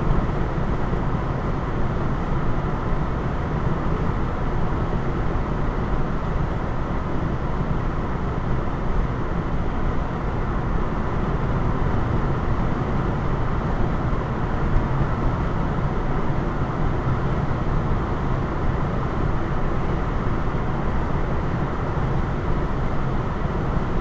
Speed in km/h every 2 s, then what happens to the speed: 105, 105, 105, 105, 105, 105, 105, 105, 105, 105, 105, 105.
0-24 steady at about 105.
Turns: none.